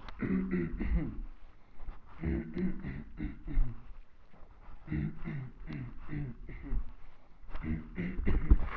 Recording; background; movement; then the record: throat clearing; quiet; walking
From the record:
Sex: male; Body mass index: 21.0 kg/m2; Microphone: on the chest, facing the body